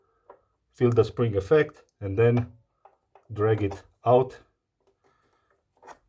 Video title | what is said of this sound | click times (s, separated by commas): Install / Remove diffuser plate on all NESCAFE Dolce Gusto | so to remove click it | 0.3 s